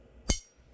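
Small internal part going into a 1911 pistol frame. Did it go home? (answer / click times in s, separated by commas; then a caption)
yes / 0.3 s. During reassembly of a Kimber 1911, a small internal part is lined up in the pistol frame with an Allen key, pushed in under pressure and then pushed forward until it cams over. A single sharp snap is heard at 0.3 s against a quiet background, with a faint tick near the end. The part snaps and seats into place.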